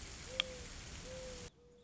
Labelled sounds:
Mourning Dove (Zenaida macroura)
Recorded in Sonoma County, California

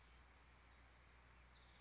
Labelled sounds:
Bewick's Wren (Thryomanes bewickii)
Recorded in Sonoma County, California

